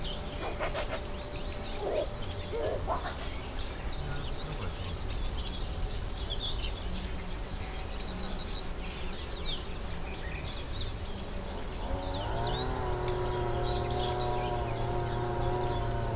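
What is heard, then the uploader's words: Woodland sounds over a steady, dense hiss and low rumble. Birds call briefly around two to three seconds, and a quick high trill comes near eight seconds. From about twelve seconds a steady droning hum, like an engine, rises in and holds to the end. Forest Echoes: Relaxing Nature Noises. Serene woodland noises.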